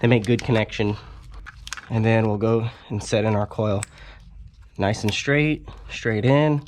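Someone talks while lowering an ignition coil pack straight down into its spot on the cylinder head of a Jeep Wrangler JK/JKU 3.6L Pentastar engine, after reassembling the intake during an oil cooler filter housing replacement (Doorman 926-876). Only speech and faint handling are heard. The coil has not yet clicked or seated.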